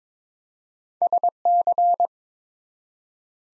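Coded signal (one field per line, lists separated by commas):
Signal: Morse code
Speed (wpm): 22 wpm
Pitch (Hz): 700 Hz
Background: none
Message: SC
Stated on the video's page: Morse drill at 22 wpm of ARRL section abbreviations used in Field Day exchanges, each sent twice.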